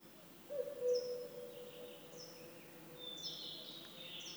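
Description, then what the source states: Bird song, one long steady mid-pitched whistled note, with a few faint high thin downslurred notes from another singer and a soft hissing background. Woodland song.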